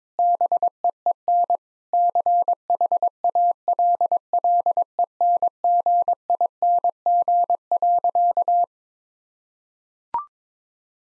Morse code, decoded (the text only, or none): BEEN CHALLENGING.